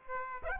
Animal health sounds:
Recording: mosquito wingbeat signal from an infrared sensor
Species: Aedes aegypti

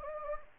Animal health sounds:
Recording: mosquito wingbeat signal from an infrared sensor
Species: Anopheles gambiae

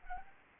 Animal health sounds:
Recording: mosquito wingbeat signal from an infrared sensor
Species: Anopheles arabiensis

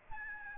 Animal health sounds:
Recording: mosquito wingbeat signal from an infrared sensor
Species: Aedes albopictus

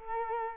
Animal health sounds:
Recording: mosquito wingbeat signal from an infrared sensor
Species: Culex quinquefasciatus

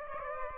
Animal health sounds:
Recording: mosquito wingbeat signal from an infrared sensor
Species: Aedes aegypti

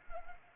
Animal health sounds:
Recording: mosquito wingbeat signal from an infrared sensor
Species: Anopheles arabiensis

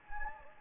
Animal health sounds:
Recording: mosquito wingbeat signal from an infrared sensor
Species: Anopheles gambiae

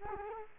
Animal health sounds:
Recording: mosquito wingbeat signal from an infrared sensor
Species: Culex quinquefasciatus

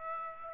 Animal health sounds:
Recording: mosquito wingbeat signal from an infrared sensor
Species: Aedes aegypti

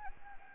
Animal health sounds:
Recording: mosquito wingbeat signal from an infrared sensor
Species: Anopheles gambiae

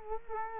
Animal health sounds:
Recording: mosquito wingbeat signal from an infrared sensor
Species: Culex quinquefasciatus

